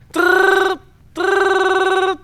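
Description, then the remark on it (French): A bell rings in two long, steady bursts separated by a short pause, each a loud, buzzing, trilling tone like an old telephone ringer, with no talking. “Sonnerie, cloche, bruit de basse-cour.”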